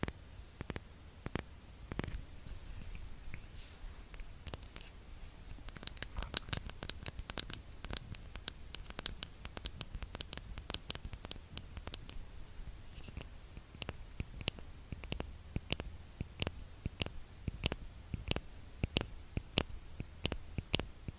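Tapping on a lipgloss tube, sharp bright clicks falling in irregular bursts, sometimes rapid and clustered, over a soft low rumble throughout.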